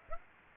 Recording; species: mosquito wingbeat signal from an infrared sensor; Aedes aegypti